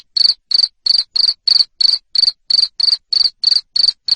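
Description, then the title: Cricket chirping, short loud trilled pulses repeated about three times a second in a steady run, no other sounds. Loud cricket chirping used to stimulate lovebirds to keep singing. "Suara JANGKRIK NGERIK Keras Bikin LOVEBIRD Jadi NGEKEK Terus Vubey"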